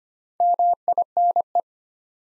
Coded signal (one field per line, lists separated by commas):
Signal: Morse code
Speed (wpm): 25 wpm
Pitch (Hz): 700 Hz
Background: none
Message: MINE